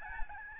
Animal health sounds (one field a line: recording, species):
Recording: mosquito wingbeat signal from an infrared sensor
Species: Aedes albopictus